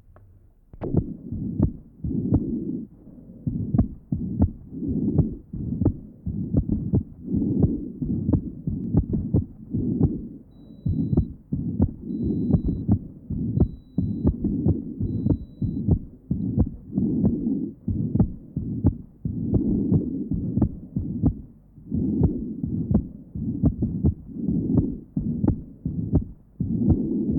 Patient has severe mitral insufficiency. Patient with mitral insufficiency, recording taken at pulmonary area. Note the wide splitting of the second sound.